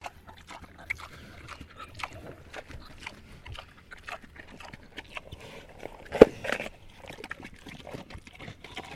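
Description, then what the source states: Pig eating: wet chewing and smacking with irregular crunchy clicks, one sharper crunch about two-thirds through, over a low steady background. Landrace breed pig eating peaches.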